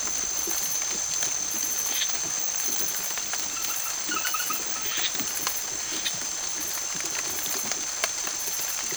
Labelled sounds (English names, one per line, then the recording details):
none
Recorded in secondary vegetation near Puerto Asís, Putumayo, Colombia, on 13 March 2025 at 22:30
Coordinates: 0.489, -76.322
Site G042